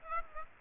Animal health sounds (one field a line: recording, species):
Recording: mosquito wingbeat signal from an infrared sensor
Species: Aedes aegypti